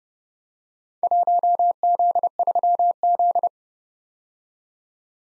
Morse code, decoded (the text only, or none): 1Z3Z